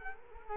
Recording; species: mosquito wingbeat signal from an infrared sensor; Culex quinquefasciatus